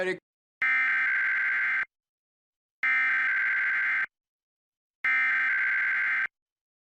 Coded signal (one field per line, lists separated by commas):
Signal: Emergency Alert System (SAME) tones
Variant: header bursts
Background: speech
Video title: EAS Tests from Pennsylvania and New Jersey [EAS #101-114]